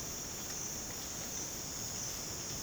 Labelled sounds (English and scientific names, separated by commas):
none